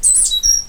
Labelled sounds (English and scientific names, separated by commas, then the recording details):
Stitchbird (Notiomystis cincta) song
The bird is a male
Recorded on Tiritiri Matangi Island, New Zealand, in 2005
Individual 8, of nest box 10